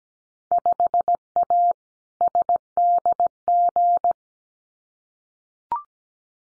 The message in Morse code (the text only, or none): 5A SDG